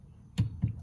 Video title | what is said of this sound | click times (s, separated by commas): Kawasaki Mule Pro FXT Coolant Change (Step-by-Step Instructions) | i've got my torque wrench set to 80 inch pounds we'll put it on there tighten it until we hear it click | 0.4 s